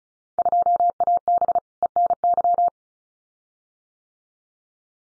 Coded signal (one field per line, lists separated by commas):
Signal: Morse code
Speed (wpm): 34 wpm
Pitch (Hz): 700 Hz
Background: none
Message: 2AB ENY